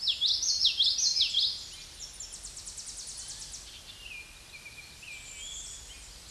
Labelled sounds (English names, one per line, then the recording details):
Tennessee Warbler song
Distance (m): 35 m
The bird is about 20 m above the microphone
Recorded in a Pennsylvania forest on 16 May 2024 at 07:35
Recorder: AudioMoth, point MSD-1342
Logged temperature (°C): 15.5 °C
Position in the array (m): 215 m, 161 m